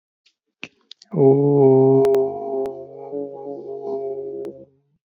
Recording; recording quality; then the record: sustained vowel as in boot; excellent, no background noise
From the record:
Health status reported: COVID-19 positive, mild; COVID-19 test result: positive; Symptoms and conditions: cough, sore throat, loss of smell and taste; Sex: male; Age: 32 years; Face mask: not worn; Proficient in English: yes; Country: India